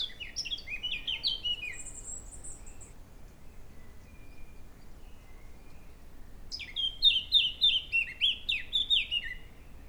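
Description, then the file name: Eurasian blackcap singing fast, fluty warbled phrases of rising and falling notes, one burst at the start and a louder one after a pause, with a thin high trill between. "Sylvia atricapilla"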